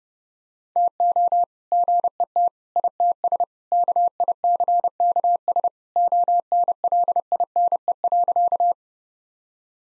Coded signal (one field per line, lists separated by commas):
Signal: Morse code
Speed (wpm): 32 wpm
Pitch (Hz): 700 Hz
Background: none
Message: TO GET ITS KICKS ONLINE.